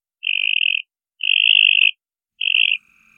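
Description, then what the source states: Northern mockingbird imitating a tree frog: three clean, buzzy, frog-like trills, each under a second, with short silent gaps between them. Mockingbird copying a Cope's gray tree frog call; mockingbirds mimic 12 North American amphibian species, and females might find the mimicry attractive.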